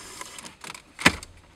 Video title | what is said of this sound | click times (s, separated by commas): QL-MZD723 Installation | Alright, so once they're snapped in, that's almost an exact color match if it's not exact. | 1.1 s